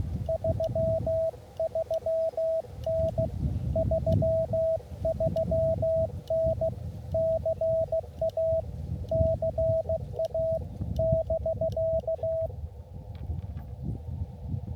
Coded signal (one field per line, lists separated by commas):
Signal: Morse code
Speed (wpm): 15 wpm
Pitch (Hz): 650 Hz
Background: radio noise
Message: 33N 33N CA CA <BK>